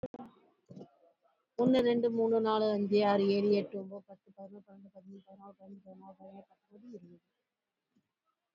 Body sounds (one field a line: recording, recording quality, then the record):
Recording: counting at a fast pace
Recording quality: moderate, slight background noise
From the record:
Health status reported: exposed to COVID-19, no respiratory illness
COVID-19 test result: negative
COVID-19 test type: RT-PCR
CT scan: taken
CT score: 25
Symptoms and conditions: fever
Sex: female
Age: 51 years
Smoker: no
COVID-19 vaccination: both doses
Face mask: worn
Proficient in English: yes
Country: India